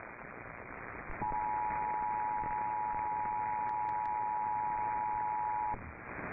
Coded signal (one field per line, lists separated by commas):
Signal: Emergency Alert System (SAME) tones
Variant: 853 and 960 Hz attention tone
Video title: DEEP SOUTH HAVOC... EAS Alerts from 12/28/24 (EAS #5,340 - 5,369)